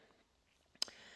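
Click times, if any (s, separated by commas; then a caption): 0.8 s. A vehicle's plastic harness connector is pulled out of the OBD diagnostic port of a 2016+ Ford F150 during a Start X remote start installation. After quiet low rustling and a faint tick at 0.8 s, a sharp, short bright click comes at 0.8 s as the connector comes free. The connector is unplugged from the port.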